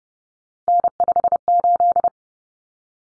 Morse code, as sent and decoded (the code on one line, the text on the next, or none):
-. ..... ---..
N58